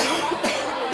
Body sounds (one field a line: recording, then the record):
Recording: coughing mixed with background sound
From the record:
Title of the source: 61 morning phlegmy cough...again